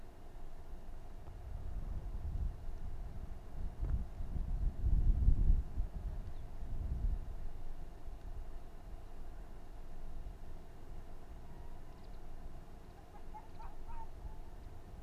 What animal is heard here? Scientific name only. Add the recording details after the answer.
Vulpes lagopus. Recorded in the wild. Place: Insel Mednyi, Kommandeur-Inseln, RU. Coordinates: 54.5167, 168.083. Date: 1999-07-23 20:06. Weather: 8°C, bedeckt, Nebel, leichter Südwestwind. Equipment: Sony WM-D6C, Sennheiser ME 80, K 30 AV, Windkorb, Kopie Tascam DA 30. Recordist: Jakupi, Antje